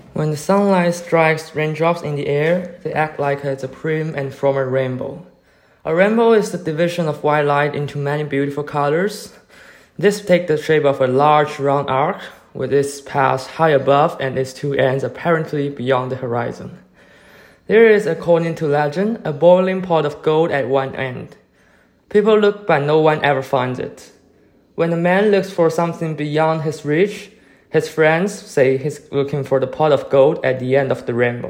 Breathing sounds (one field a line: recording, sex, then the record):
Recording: reading aloud after running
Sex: male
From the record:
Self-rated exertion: light exertion (2 of 6)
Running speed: 7 miles an hour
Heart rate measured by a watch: 129 beats a minute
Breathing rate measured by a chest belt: 11 breaths a minute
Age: 23 years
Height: 172 cm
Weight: 64 kg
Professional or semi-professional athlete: yes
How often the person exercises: 3 to 5 times a week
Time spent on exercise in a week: 2 to 3 hours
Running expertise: no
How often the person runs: 1 to 2 times a week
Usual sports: running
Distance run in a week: 15 km